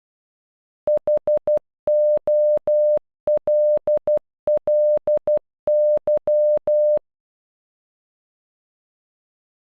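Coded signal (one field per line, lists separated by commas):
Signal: Morse code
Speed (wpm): 12 wpm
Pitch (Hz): 600 Hz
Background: none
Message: HOLLY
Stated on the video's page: Generated Morse for a single word, sent at normal and half speed, made with an online translator tool.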